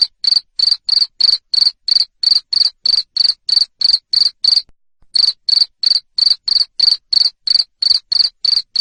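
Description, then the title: Cricket chirps, loud and shrill, evenly spaced, with one short gap midway. Loud cricket chirping used to stimulate lovebirds to sing continuously. "Suara JANGKRIK NGERIK Keras Bikin LOVEBIRD Jadi NGEKEK Terus Vubey"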